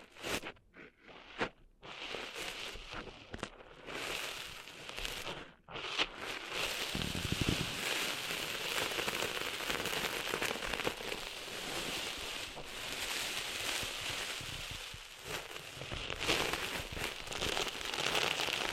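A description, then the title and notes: Sand being cleaned out of an ear makes a dense, bright crackling and scraping rustle. The first six seconds come in short bursts separated by brief silences. After that the grainy crackle runs almost without pause, steady and loud, until the end. ASMR Cleaning Sand Out of Your Ears (No Talking).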